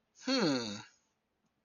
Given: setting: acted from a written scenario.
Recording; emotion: vocal sound without words; interest